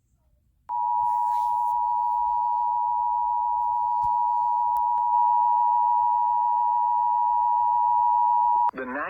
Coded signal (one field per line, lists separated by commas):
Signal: Emergency Alert System (SAME) tones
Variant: 853 and 960 Hz attention tone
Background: speech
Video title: Eas Frw On Wjon Eas#614